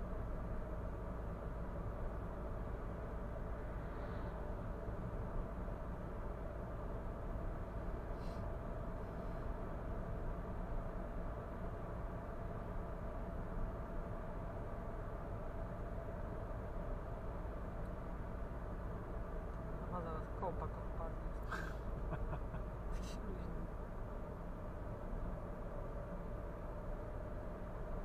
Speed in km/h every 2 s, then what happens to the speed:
60, 61, 62, 63, 63, 64, 64, 63, 63, 60, 58, 57, 57, 57.
0-28 steady at about 61.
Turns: none.